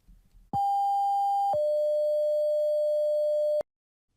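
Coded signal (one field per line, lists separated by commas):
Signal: two-tone page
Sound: a steady mid tone for one second, then a lower tone for two seconds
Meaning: Selective call alerting specific fire stations or firefighters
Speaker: Here's an example sequence.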